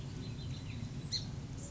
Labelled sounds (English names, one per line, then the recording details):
Song Sparrow
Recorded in Sonoma County, California